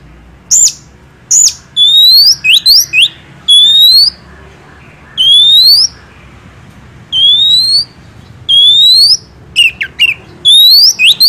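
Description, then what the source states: Oriental magpie-robin song of loud upward-sweeping whistles and brief harsh notes, over a faint low background hum. Master training recording for songbirds of a first-place champion kacer.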